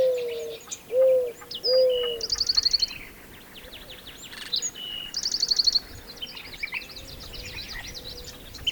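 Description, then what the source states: Mourning Dove cooing: three low, mellow, hooting notes in quick succession, each sliding slightly downward, followed by busy songbird trills and chirps, with faint coos later. Year-round resident in the region and most of the country; haunting sound heard in the early morning and more often in the summer months.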